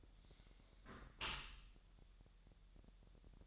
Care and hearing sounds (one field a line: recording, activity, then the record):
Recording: daily activity, microphone in the room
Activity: close dishwasher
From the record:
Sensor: 3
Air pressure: 1000.5 hPa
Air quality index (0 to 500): 248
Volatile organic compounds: 173 ppm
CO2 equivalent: 4117 ppm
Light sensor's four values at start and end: 10/25/10/10 and 10/25/10/10